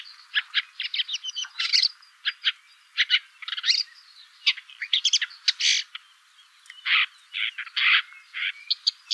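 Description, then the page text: Woodchat shrike giving harsh, clipped chattering calls in uneven bursts, with brief louder rasping notes between quieter scratchy ticks. Adult male and female pair calling while perched atop a big oak in a hay field near a small pond, Poderone near Magliano in Toscana, 130 m altitude, 30 June 2008, 6 a.m. "LANIUS SENATOR - WOODCHAT SHRIKE - AVERLA CAPIROSSA"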